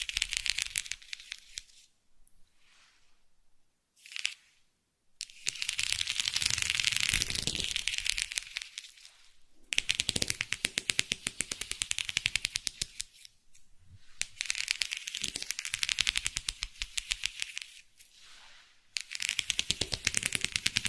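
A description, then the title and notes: Fast, dense tapping on a box comes in bright, rattling bursts, like rapid fingernail drumming. The flurries run several seconds each, broken by brief quiet gaps near 2, 4, 10, 13 and 18 seconds, with a soft low rumble under the busiest stretches. Massage Mat and Box Tapping.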